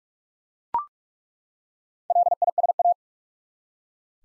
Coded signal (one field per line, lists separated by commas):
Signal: Morse code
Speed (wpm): 41 wpm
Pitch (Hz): 700 Hz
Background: none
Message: LISA